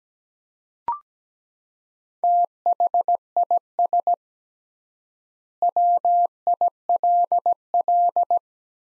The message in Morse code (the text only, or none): THIS WILL